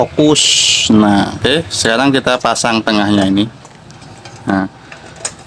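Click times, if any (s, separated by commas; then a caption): 5.2 s. Someone talks while fitting the center mounting piece into a rice cooker base and turning it. A few faint knocks follow, then a sharp click at 5.2 s as the part twist-locks in place and can no longer be turned.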